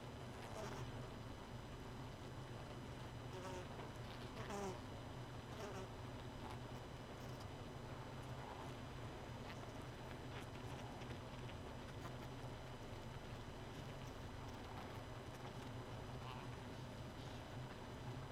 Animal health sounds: honeybee colony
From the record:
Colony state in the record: missing queen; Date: 31 May 2018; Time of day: 2:25

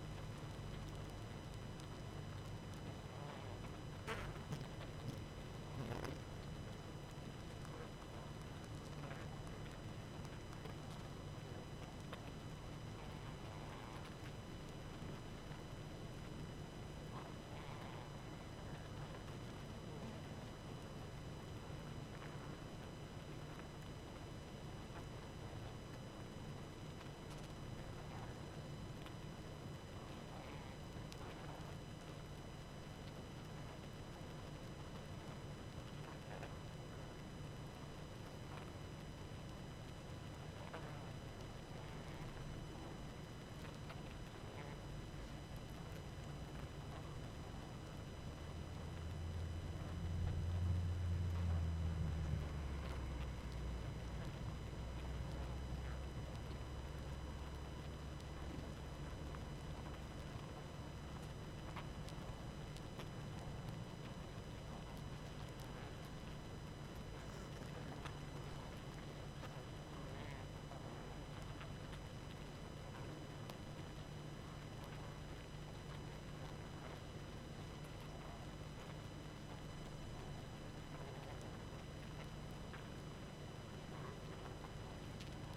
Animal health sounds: honeybee colony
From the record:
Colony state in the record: active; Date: 12 June 2018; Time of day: 20:37

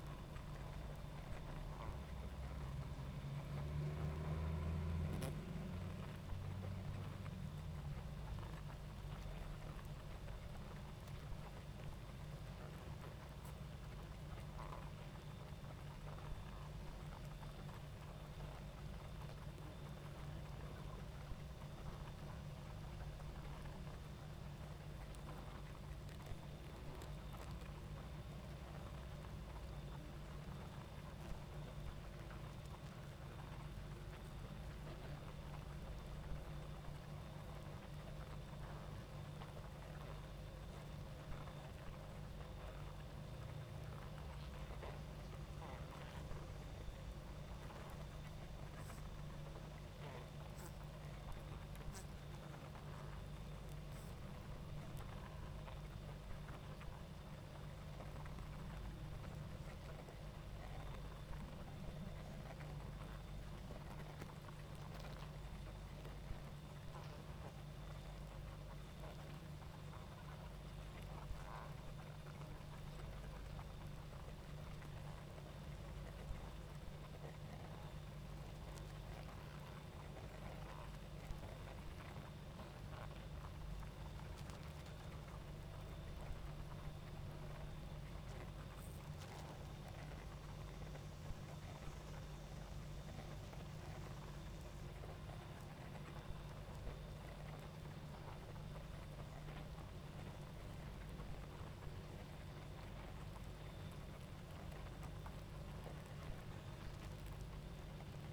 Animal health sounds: honeybee colony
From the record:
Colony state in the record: active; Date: 28 July 2017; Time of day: 20:06

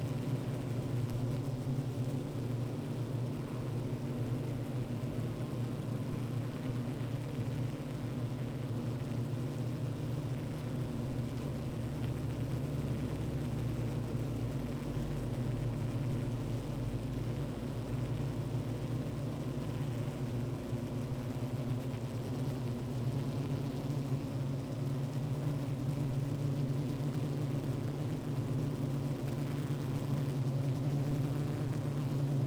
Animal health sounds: honeybee colony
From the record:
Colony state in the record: active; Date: 28 July 2017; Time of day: 15:18

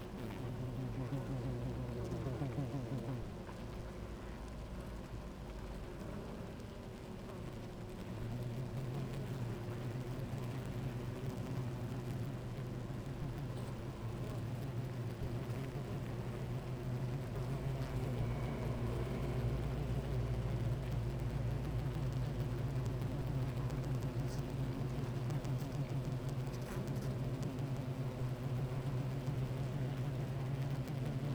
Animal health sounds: honeybee colony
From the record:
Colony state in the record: active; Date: 28 July 2017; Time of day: 12:01

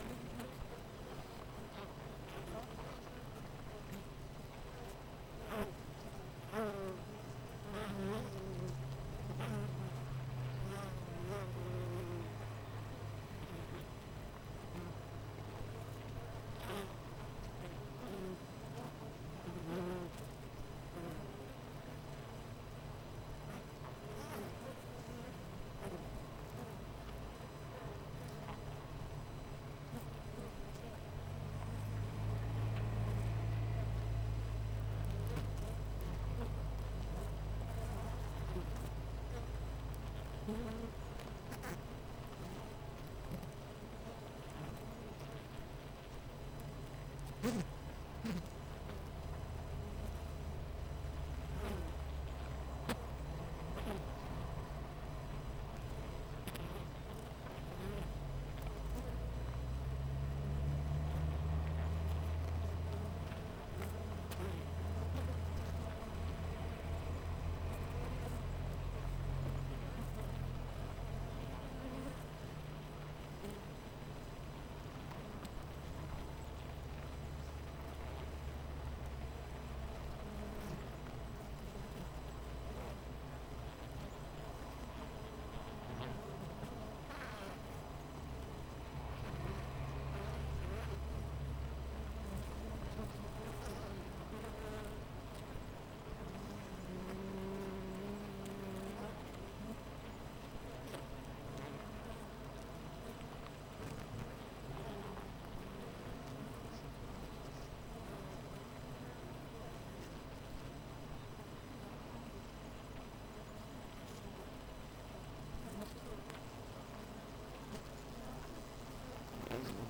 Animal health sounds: honeybee colony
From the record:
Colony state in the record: missing queen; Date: 14 July 2017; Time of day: 8:01

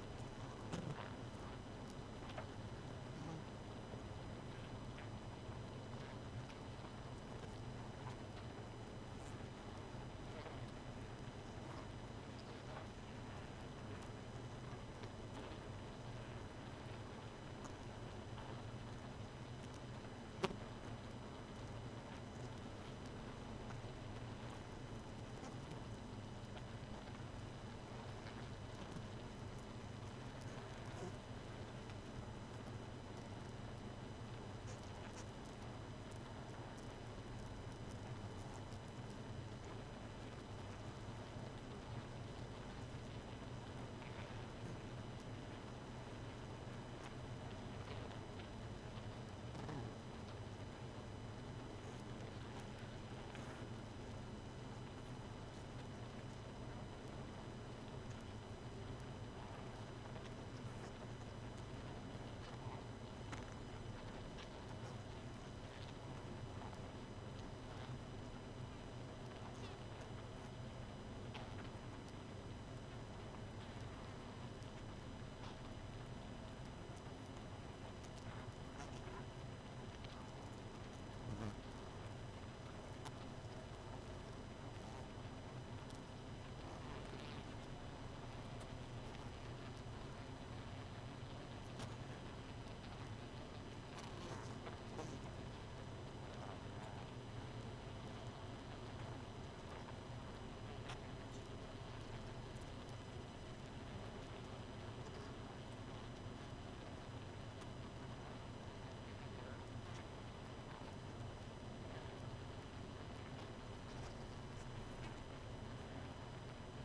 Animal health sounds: honeybee colony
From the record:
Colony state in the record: missing queen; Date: 31 May 2018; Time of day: 1:55

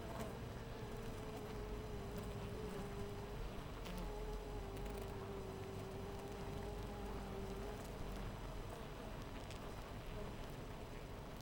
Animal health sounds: honeybee colony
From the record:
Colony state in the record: missing queen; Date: 14 July 2017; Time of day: 4:56

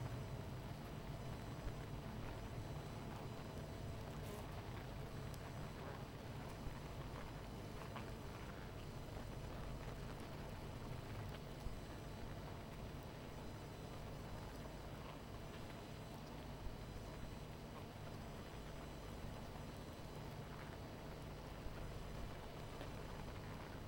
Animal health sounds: honeybee colony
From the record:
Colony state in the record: missing queen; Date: 14 July 2017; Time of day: 19:09

